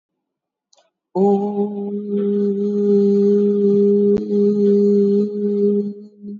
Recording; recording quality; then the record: sustained vowel as in boot; excellent, no background noise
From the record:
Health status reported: exposed to COVID-19, no respiratory illness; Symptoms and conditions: none ticked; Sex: female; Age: 35 years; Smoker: not ticked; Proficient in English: yes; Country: India